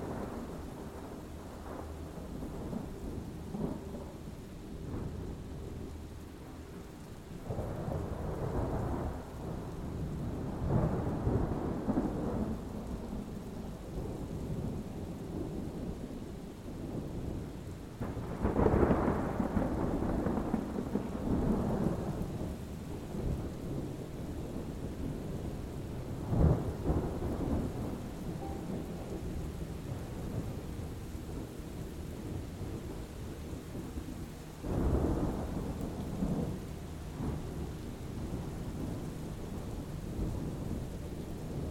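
A thunderstorm rumbles steadily and low, with rain hiss underneath. Heavier rolls of thunder swell up around 8, 11, 18 to 21, 26 and 35 seconds, the loudest near 19 seconds, each fading back into the constant deep murmur.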